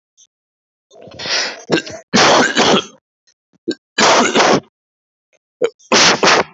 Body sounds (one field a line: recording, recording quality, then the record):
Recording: heavy voluntary cough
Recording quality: moderate, slight background noise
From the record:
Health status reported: healthy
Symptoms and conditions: fever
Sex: male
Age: 27 years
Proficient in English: yes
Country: India